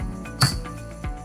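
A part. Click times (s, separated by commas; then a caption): 0.4 s. A monitor with its quick-release plate attached, fastened with the provided M4 hardware and spacers, is snapped back onto the quick-release interface of a Chief Koncīs monitor arm mount. Over background music, a single sharp click stands out at 0.4 s. The monitor is seated and safely engaged on the arm.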